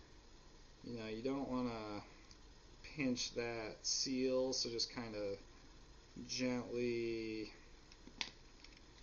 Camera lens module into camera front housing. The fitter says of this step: pop it back in you should maybe hear a pop or like click